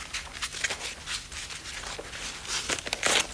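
Paper crinkles and rustles in irregular, crackly bursts throughout, with a louder crumpling or tearing flurry near the end. No voices are heard.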